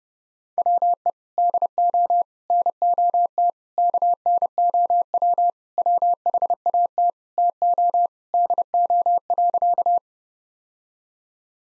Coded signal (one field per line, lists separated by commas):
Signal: Morse code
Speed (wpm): 32 wpm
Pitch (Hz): 700 Hz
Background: none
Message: WE DO NOT KNOW WHAT TO DO.